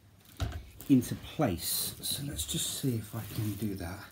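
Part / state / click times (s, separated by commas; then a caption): folding stem into the scooter's latch / not seated / none. Someone talks while unboxing a Segway Ninebot ES2 electric kick scooter and tries to lock its folding stem (the handlebar) upright into the scooter's latch. A brief sharp sound occurs at 0.4 s, with faint rubbing noises under the talking. The stem fails to lock: nothing has seated or clicked yet.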